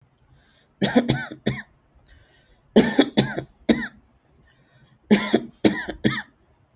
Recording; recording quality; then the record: shallow voluntary cough; excellent, no background noise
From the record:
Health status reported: respiratory illness, not identified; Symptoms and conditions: asthma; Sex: male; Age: 39 years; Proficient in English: yes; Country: India